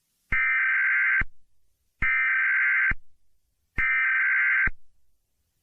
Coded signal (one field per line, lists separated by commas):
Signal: Emergency Alert System (SAME) tones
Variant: header bursts